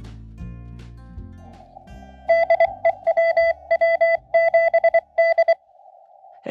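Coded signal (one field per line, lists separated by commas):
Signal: Morse code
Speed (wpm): 23 wpm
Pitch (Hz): 670 Hz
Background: music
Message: DE WW7D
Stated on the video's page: SOTA summit activation on 10m using a newly-built Rockmite transceiver at 100 mW, with a paddle.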